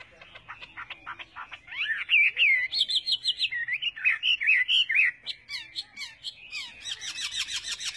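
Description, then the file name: Chinese hwamei song, a lively, fast medley of whistled slurs and rapid repeated notes, growing busier and higher near the close. "Tieng hoa mi hot"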